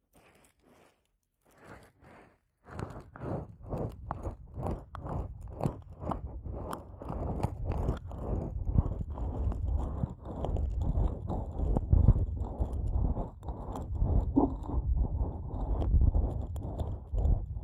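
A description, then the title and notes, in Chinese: Ear-cleaning massage: after a quiet start with a few soft clicks, dense, rapid scratching and tapping strokes run steadily to the end. 采耳按摩。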